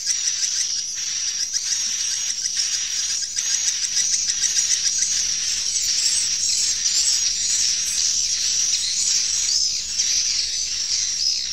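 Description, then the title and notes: Swiftlet chirps, quick and high-pitched, repeated rapidly over a sustained shrill tone, forming an unbroken twittering chorus. Swiftlet sound used in bird farming in Asia. "Swiflet Bird Sound. Farming Swiflet Bird asia sound"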